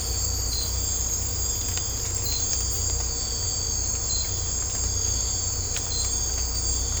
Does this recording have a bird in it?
no